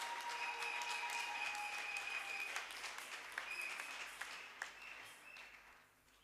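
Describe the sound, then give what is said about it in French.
A church audience applauds steadily to encourage the Kampumpi choir, the dense clapping mixed with high, sustained cheers and whistle-like cries. The noise holds for several seconds, then tapers off at the end. “Nous les encourageons aussi par les acclamations.”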